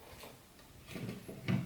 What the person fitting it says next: That snaps right in to the trim.